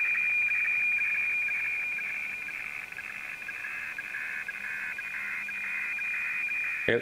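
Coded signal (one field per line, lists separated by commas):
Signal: weather fax (radiofax)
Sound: steady high whine near 2.4 kHz with rapid flickering lower warble and scratchy ticks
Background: radio static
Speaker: see the the great legs coming up in the middle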